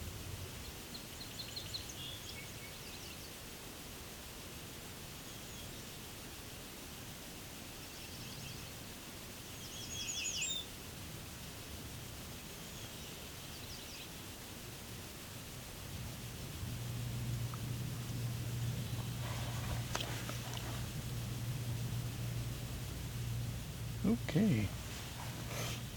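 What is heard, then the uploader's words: Birds sing sparsely and unhurriedly in the quiet of Bruce Peninsula National Park, Ontario, with short high chirps every few seconds over a steady soft hiss. Past the midpoint a low, even hum sets in, and a few sharp knocks sound near the end. It's late afternoon during the summer solstice of 2021, a time of the day when the birds are singing at a slower, more relaxed pace in the quiet soundscape of the Bruce Peninsula National Park in Ontario, Canada.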